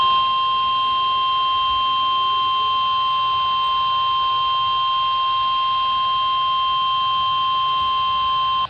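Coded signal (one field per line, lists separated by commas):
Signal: Emergency Alert System (SAME) tones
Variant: 1050 Hz attention tone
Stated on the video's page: Weekly EAS test from NWS Los Angeles/Oxnard, postponed.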